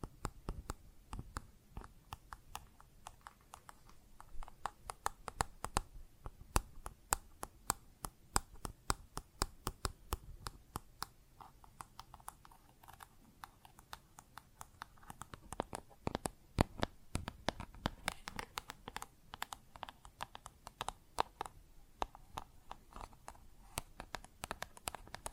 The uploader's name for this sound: Plastic Objects Tapping and Scratching